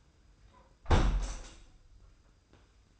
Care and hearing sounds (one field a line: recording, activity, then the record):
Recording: daily activity, microphone in the room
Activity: close window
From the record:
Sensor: 2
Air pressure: 990.2 hPa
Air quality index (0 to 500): 204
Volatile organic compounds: 1000 ppm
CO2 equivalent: 6542 ppm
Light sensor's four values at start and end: 23/54/22/22 and 23/54/22/22